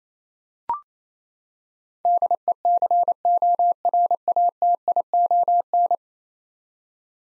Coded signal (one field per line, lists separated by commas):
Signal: Morse code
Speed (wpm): 28 wpm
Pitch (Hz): 700 Hz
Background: none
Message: DECORATION